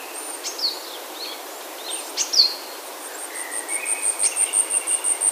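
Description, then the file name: Asian stubtail: sharp chips and falling calls from other birds give way to an Asian stubtail's high, thin pulsed song, which swells in loudness over the last two seconds. "yabu"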